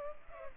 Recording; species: mosquito wingbeat signal from an infrared sensor; Culex pipiens